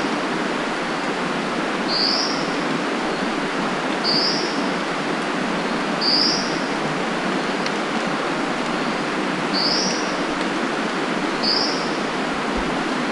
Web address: Brown Dipper Ssp Pallasii Call 120201 Guangxi Da Yao Shan. cincle de pallas cinclus pallasii ssp pallasii